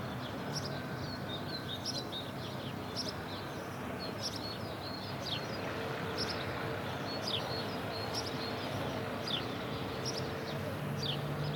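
Sparrows giving repeated short chirps, a little over one per second and irregular, over a dense bed of low background noise.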